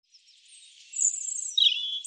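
European robin singing a quiet, high thin opening that swells into a bright, rapid warbled trill in its second half.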